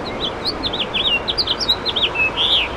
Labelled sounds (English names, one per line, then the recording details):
House Finch song
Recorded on Long Island, New York, on 7 June 2011
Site MV
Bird B